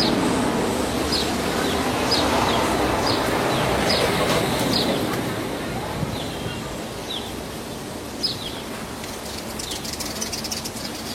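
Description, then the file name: Fork-tailed palm swift calling with brief, sharp, high chirps repeated in a series, with low rumbling noise throughout. "Canto do andorinhao do buriti"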